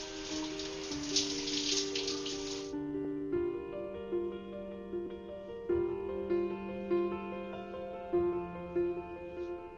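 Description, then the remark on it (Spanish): A steady hiss of running shower water as someone washes with a water-activated cleansing gel, over soft sustained music, lasting a few seconds before the water cuts off and the music carries on alone. “En la ducha, uso un gel limpiador activado con agua.”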